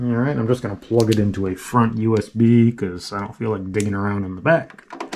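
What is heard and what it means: Someone talks while getting ready to plug a TP-Link wireless USB adapter into a front USB port on a desktop computer case, rather than reaching around to the back. Two short, sharp handling sounds come right at the end, near 5.0 and 5.1 seconds. The adapter has not seated or clicked into the port yet.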